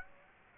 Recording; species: mosquito wingbeat signal from an infrared sensor; Aedes aegypti